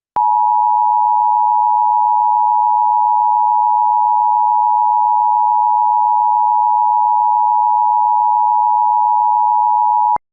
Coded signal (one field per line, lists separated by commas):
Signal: Emergency Alert System (SAME) tones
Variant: 853 and 960 Hz attention tone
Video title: "Jack virus": An EAS Mock Scenario